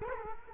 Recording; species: mosquito wingbeat signal from an infrared sensor; Culex quinquefasciatus